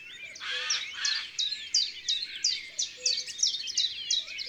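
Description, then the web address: Common chiffchaff: repeated sharp notes, uneven in rhythm, over busy twittering and chatter from other birds and a faint low whistle. "Le pouillot veloce. cuicui et compagnie"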